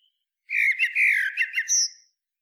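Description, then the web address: Common blackbird song phrase: low fluty warbled notes, ending on a thin high whistle, then silence. "SETE Turdus merula"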